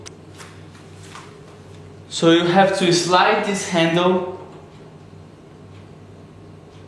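A handle on a coffee machine is slid along just before it locks home, with faint handling sounds over a steady low hum. Someone talks from about 2.2 to 4.4 seconds. Nothing has clicked or locked yet.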